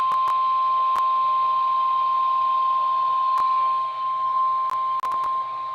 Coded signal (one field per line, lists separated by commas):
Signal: Emergency Alert System (SAME) tones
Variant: 1050 Hz attention tone